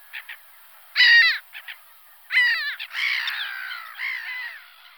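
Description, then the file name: Black-headed gull uttering harsh, downslurred screeching calls in short bursts, followed by longer rasping calls. "mouette rieuse"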